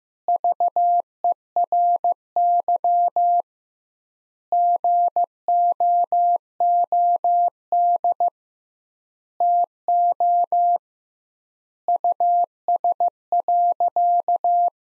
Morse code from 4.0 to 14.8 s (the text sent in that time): GOOD TO US.